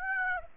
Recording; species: mosquito wingbeat signal from an infrared sensor; Aedes aegypti